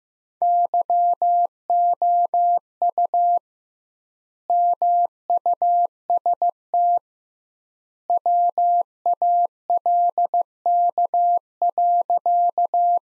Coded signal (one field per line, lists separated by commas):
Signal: Morse code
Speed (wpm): 15 wpm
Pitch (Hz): 700 Hz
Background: none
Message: YOU MUST WALK.